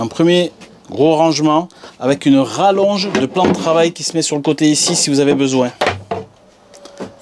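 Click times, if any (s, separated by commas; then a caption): 6.8 s, 6.9 s. Someone talks while a fold-out worktop extension panel is fitted onto the side of the kitchen counter in a Rapido 606F camper van. After a sharp sound at 6.1 s, the panel clips home with two quick clicks at 6.8 s and 6.9 s and is seated in place.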